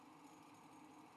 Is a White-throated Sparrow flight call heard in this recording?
no